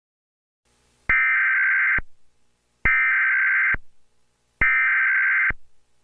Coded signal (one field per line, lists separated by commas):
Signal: Emergency Alert System (SAME) tones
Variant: header bursts